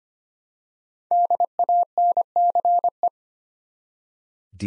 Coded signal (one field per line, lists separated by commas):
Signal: Morse code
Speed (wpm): 25 wpm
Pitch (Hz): 700 Hz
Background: none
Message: DANCE